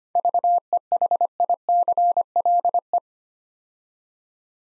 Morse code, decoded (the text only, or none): VEHICLE